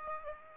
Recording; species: mosquito wingbeat signal from an infrared sensor; Aedes aegypti